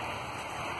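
On a 2005 Toyota Corolla engine, an ignition coil with its rubber boot is being slowly lined up and pushed down onto a newly installed, tightened spark plug. Only a steady broadband hiss is heard, with no distinct hit or click. Nothing has seated or clicked yet.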